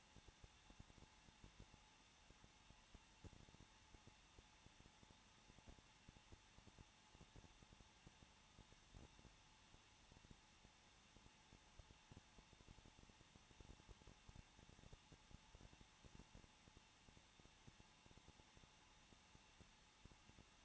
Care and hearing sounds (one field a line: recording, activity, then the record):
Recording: daily activity, microphone in the room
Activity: no activity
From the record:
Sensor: 1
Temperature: 20.0 degrees Celsius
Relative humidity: 39.4%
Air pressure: 1006.4 hPa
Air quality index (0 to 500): 219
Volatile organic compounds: 83 ppm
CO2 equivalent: 3630 ppm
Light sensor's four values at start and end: 1/2/1/1 and 1/2/1/1